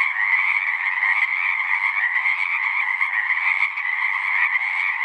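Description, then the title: Pacific chorus frog chorus, an unbroken blend of many harsh, overlapping croaks at an even loudness. Full chorus after dusk; males giving the advertisement call, a distinct kree-eeck or ribbit, to attract females. "Chorus Frogs, Full Chorus, post-dusk"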